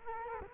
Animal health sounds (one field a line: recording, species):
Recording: mosquito wingbeat signal from an infrared sensor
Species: Culex quinquefasciatus